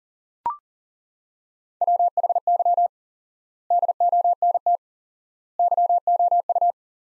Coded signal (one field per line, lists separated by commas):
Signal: Morse code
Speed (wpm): 40 wpm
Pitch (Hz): 700 Hz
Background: none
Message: WHY DONT YOU